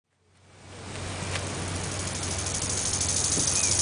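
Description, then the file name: Bow-winged grasshopper rasping: a hissing buzz builds up from silence and holds steady, with a low constant hum beneath. "Chorthippus biguttulus"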